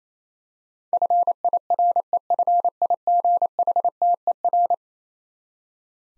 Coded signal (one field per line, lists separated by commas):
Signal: Morse code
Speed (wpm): 28 wpm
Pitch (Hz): 700 Hz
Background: none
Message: FIREFIGHTER